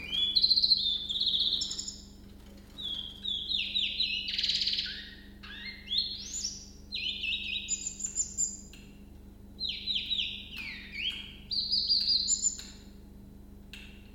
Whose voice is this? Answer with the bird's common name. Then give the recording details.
Willow Warbler. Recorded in captivity. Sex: male. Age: adult. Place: Zoologisches Institut Universität Tübingen, Baden-Württemberg, DE. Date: 1965-05-20 06:25. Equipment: Nagra III PH, kleiner englischer Parabolspiegel, LGS26. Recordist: Schneider, Hans-Joachim. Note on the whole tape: Gesang. Männchen rechts rot/grün - links grün, geschlüpft am 20.05.1964 am Spitzberg. (von diesem Tier existieren auch Jugendaufnahmen). Aufnahme in einem separaten Raum mit kleinem englischen Parabolspiegel